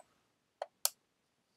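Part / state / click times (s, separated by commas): top cap onto vape atomizer deck / seated / 0.8 s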